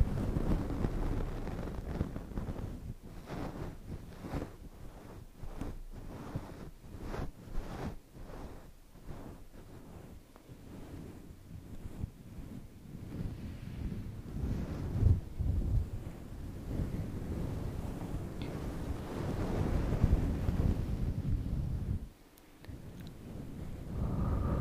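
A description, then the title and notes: Wind buffets a covered microphone in a heavy, low rumble that surges and fades. From about 3 to 12 seconds it breaks into a fast run of regular thumps. It swells again near 20 seconds, drops out briefly around 22 seconds, then returns. Fluffy Mic Cover NO TALKING.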